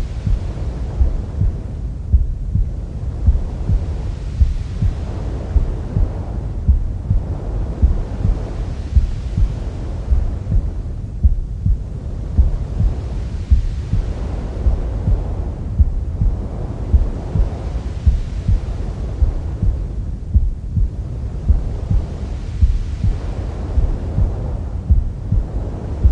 Womb Sounds with Mother's Heartbeat. Try our calming sleep sounds to help your baby sleep faster.